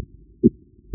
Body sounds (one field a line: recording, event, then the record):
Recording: neck accelerometer signal played as sound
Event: voluntary cough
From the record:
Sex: male